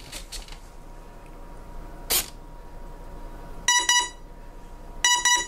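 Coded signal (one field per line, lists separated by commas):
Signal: beep code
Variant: brushless ESC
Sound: two pairs of short buzzy motor beeps, about 1.3 s apart, after a brief click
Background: quiet room, faint hum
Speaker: this time we're gonna let it go through the hole for double beeps all four of the double beep sets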